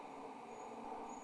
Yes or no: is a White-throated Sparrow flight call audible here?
no